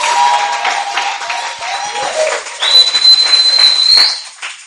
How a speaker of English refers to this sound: But we are blessed. Please clap for him. Applaudissez pour lui.